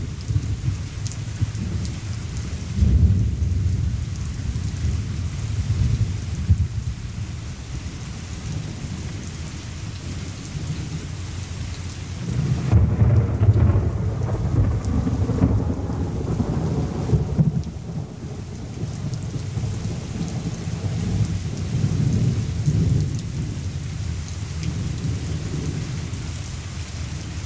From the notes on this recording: Thunder and Rain